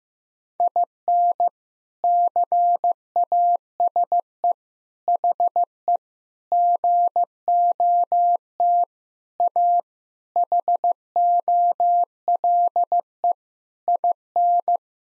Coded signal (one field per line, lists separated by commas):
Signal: Morse code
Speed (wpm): 15 wpm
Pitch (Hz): 700 Hz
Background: none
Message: IN CASE HE GOT A HOLE IN